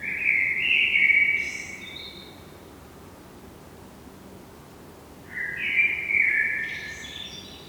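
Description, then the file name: Common blackbird song: two melodious fluted phrases about five seconds apart, each finishing in high, scratchy twittering notes. "Turdus merula"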